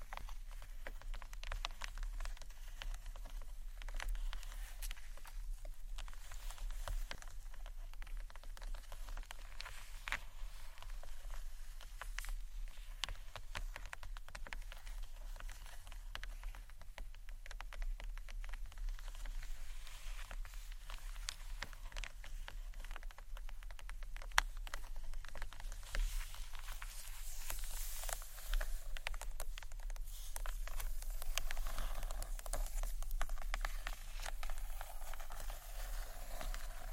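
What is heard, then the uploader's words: Gentle scratching and tapping on books, continuous, with dense, irregular little clicks and dry scrapes. The sound stays soft and fairly even, growing a bit brighter and busier after about 25 seconds. A low steady hum runs underneath throughout. ASMR Gentle SCRATCHY TAPPING on BOOKS （No Talking）.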